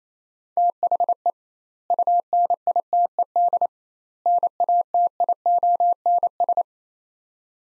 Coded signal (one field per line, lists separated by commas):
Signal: Morse code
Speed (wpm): 27 wpm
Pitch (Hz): 700 Hz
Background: none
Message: THE UNITED NATIONS